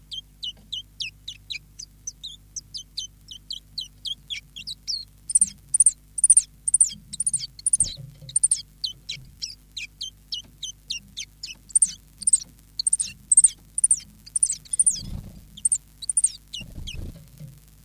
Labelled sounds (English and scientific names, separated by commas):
Common Chiffchaff (Phylloscopus collybita)